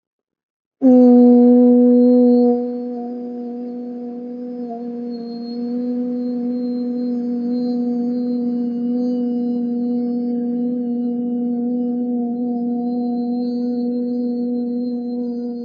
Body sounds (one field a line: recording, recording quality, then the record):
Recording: sustained vowel as in boot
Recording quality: excellent, no background noise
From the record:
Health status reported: COVID-19 positive, mild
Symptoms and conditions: none ticked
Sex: male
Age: 22 years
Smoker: not ticked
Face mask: not worn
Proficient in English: yes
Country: India